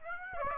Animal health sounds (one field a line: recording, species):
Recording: mosquito wingbeat signal from an infrared sensor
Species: Aedes aegypti